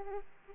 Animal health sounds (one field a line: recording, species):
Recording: mosquito wingbeat signal from an infrared sensor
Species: Aedes aegypti